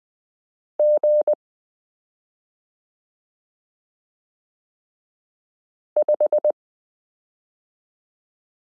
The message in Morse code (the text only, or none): G5